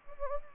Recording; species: mosquito wingbeat signal from an infrared sensor; Anopheles gambiae